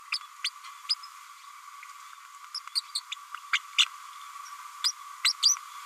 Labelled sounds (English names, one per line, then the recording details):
Green-rumped Parrotlet babbling
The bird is a female
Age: 31 days
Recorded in a nest box in Venezuela
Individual 17B102A5